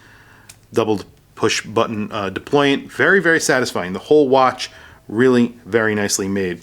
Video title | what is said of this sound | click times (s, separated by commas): Why I Bought the Cartier Santos ADLC Large 39mm Automatic - Black DLC - Move over Rolex | but it's very easy you don't have to press the button it snaps right in very satisfying snap | 0.5 s